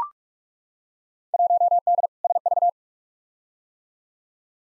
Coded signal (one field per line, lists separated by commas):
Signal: Morse code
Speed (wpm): 42 wpm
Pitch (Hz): 700 Hz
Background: none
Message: 1D SV